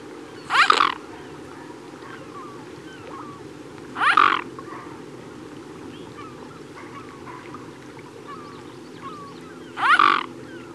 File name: Mute Swan